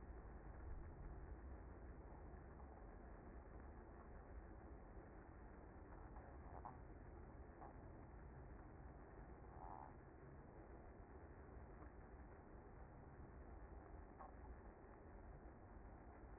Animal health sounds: honeybee colony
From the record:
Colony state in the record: active

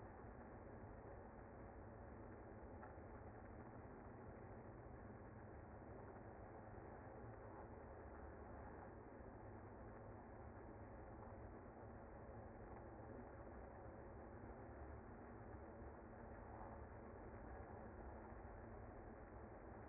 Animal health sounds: honeybee colony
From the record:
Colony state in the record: active

